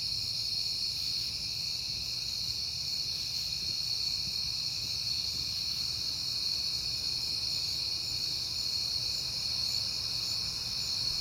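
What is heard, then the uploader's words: Crickets chirr steadily at night in a dense, unbroken high-pitched chorus, with a few layered tones holding at slightly different pitches. A low, even rumble sits underneath throughout. The loudness stays level for the whole stretch, with no distinct events standing out. It is September and I have been hearing the crickets a lot.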